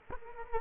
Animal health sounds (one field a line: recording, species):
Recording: mosquito wingbeat signal from an infrared sensor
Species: Culex quinquefasciatus